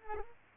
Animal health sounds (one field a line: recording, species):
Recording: mosquito wingbeat signal from an infrared sensor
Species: Culex pipiens